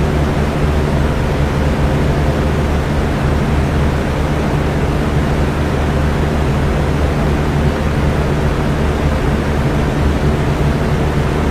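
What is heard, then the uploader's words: A fan runs with a steady, even whoosh of white noise that never changes over the whole stretch. The sound is dense and weighted toward the low end, with a faint low hum beneath the rushing air and no separate events. White noise fan sounds.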